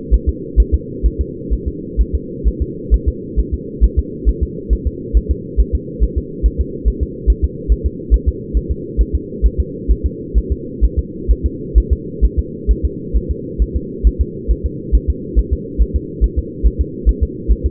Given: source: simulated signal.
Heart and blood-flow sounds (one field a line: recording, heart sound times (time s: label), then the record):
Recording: fetal heart sounds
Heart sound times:
0.14 s: S1
0.29 s: S2
0.60 s: S1
0.74 s: S2
1.06 s: S1
1.21 s: S2
1.53 s: S1
1.68 s: S2
2.01 s: S1
2.15 s: S2
2.48 s: S1
2.62 s: S2
2.94 s: S1
3.08 s: S2
3.39 s: S1
3.54 s: S2
3.84 s: S1
3.99 s: S2
4.29 s: S1
4.43 s: S2
4.73 s: S1
4.87 s: S2
5.17 s: S1
5.31 s: S2
5.60 s: S1
5.75 s: S2
6.03 s: S1
6.18 s: S2
6.46 s: S1
6.60 s: S2
6.88 s: S1
7.03 s: S2
7.30 s: S1
7.44 s: S2
7.72 s: S1
7.86 s: S2
8.14 s: S1
8.28 s: S2
8.57 s: S1
8.71 s: S2
9.01 s: S1
9.15 s: S2
9.46 s: S1
9.60 s: S2
9.91 s: S1
10.06 s: S2
10.38 s: S1
10.52 s: S2
10.84 s: S1
10.99 s: S2
11.31 s: S1
11.46 s: S2
11.78 s: S1
11.92 s: S2
12.25 s: S1
12.39 s: S2
12.71 s: S1
12.85 s: S2
13.16 s: S1
13.31 s: S2
13.62 s: S1
13.76 s: S2
14.07 s: S1
14.21 s: S2
14.51 s: S1
14.66 s: S2
14.95 s: S1
15.10 s: S2
15.39 s: S1
15.53 s: S2
15.81 s: S1
15.96 s: S2
16.24 s: S1
16.38 s: S2
16.66 s: S1
16.81 s: S2
17.09 s: S1
17.23 s: S2
17.51 s: S1
17.66 s: S2
From the record:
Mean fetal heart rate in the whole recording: 135 bpm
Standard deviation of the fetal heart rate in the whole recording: 3 bpm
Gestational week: 34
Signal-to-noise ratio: -4.1 dB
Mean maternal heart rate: no maternal heart sound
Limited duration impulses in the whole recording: absent